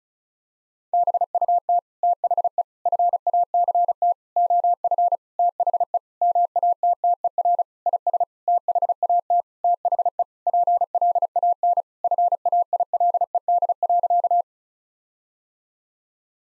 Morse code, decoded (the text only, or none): BUT THE FACT OF THE MATTER IS THAT THE PLAN FAILED.